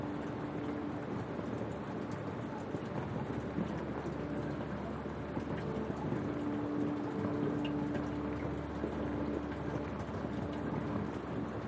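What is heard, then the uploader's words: Rain hits a window in a steady, dense patter that holds level for the whole twelve seconds, with a low rumble underneath and scattered brighter drops. A soft sustained low-pitched tone rises briefly near the start and again from about six to nine seconds. Rain On Your Window. Calming sound of rain hitting your window at night with a peaceful piano loop that fades in and out over the course of the episode.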